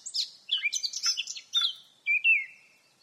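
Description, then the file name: Eurasian blackcap song: scratchy rapid warbling that breaks into clear, loud fluted whistles sliding lower at the end. "Sylvia atricapilla"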